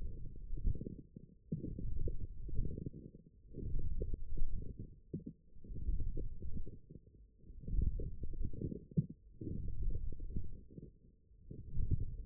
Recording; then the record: forearm muscle sounds (acoustic myography)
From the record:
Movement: forearm pronation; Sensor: system 1, eight BSWA MPA416 microphones around the upper forearm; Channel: 1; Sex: male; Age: 20 years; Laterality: left